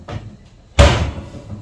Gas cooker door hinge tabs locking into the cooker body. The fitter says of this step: all the way back over so they lock in. There's no clip, it just locks in place.